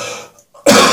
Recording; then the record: coughing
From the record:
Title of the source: Cough Around the Clock!